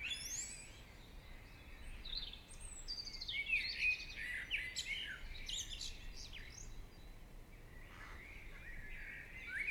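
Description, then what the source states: Bird chorus of quick high chirps, trills and warbled notes, several singers overlapping almost continuously over steady background noise. Morning birdsong.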